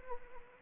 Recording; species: mosquito wingbeat signal from an infrared sensor; Anopheles arabiensis